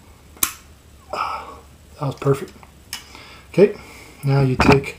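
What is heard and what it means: An expanding anchor bolt, used as a homemade puller, is pushed down with pliers into a hydraulic roller lifter bore and bottoms out with a sharp metallic snap at 0.4 s. Someone then talks over a few softer handling sounds.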